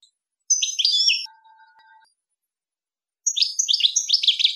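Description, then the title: European goldfinch singing two bursts of high, liquid twittering notes, split by a pause with a faint steady tone. "Chant Chardonneret"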